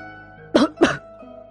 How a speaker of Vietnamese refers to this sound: Lăng Phong không khỏi ho sụt sụt.